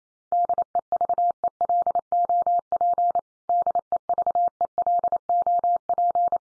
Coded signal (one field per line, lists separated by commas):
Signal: Morse code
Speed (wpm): 28 wpm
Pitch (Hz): 700 Hz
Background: none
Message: DEVELOP DEVELOP